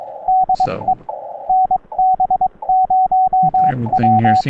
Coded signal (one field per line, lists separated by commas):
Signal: Morse code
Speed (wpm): 22 wpm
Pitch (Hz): 750 Hz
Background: speech, radio noise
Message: DE NB0W